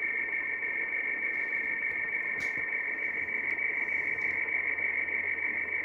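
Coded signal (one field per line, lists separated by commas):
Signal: RTTY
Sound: steady warbling two-tone data chatter around 2 kHz, rapidly alternating, continuous throughout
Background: radio static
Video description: Neste Vídeo estou a mostrar uma Transmissão de Radio Teletype RTTY Weather Forecasts, na onda curta em 11.036 USB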